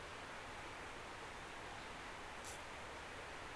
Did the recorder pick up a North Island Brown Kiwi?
no